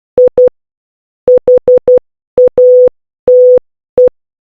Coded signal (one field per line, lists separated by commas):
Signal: Morse code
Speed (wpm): 12 wpm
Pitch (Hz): 500 Hz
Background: none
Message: I HATE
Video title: How to learn the Morse code